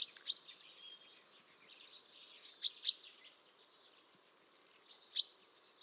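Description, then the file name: Common chaffinch calls: short, sharp, high notes, some in quick pairs, repeated every couple of seconds. "Fringilla coelebs"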